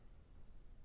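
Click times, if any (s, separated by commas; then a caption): none. A small plastic wire connector is pushed toward its socket on the O3 video air unit of a Pavo25 v2 drone with a plastic tool instead of fingers. Only a steady, low-pitched background rumble and faint noise are heard, with no distinct transients. Nothing has seated or clicked yet.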